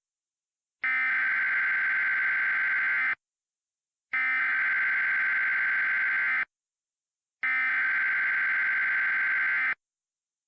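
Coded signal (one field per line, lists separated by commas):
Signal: Emergency Alert System (SAME) tones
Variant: header bursts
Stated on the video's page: Valid EAS tones used in a fictional hurricane scenario, not a real alert.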